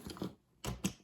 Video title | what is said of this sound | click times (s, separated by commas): Studio Series, Gamer Edition, WFC Optimus Prime | and you will hear that click into place | 0.6 s